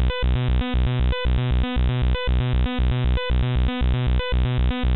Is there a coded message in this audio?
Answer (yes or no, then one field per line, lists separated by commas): no